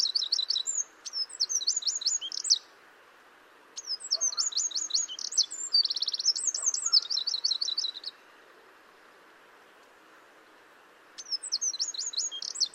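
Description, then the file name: Eurasian wren song in repeated bursts, each a shrill, hurried string of trills, rattles and sweeping whistles, with quiet gaps between phrases. "Troglodytes troglodytes"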